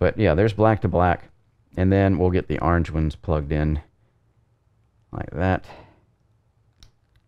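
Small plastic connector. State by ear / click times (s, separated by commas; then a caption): seated / 6.8 s. Orange wire-to-wire plug connectors are pushed back together inside the quick-release assembly of a Fanatec Podium DD2 direct-drive wheelbase while someone talks. After the talking, a sharp click at 6.8 s marks the connector seating, followed by a fainter tick.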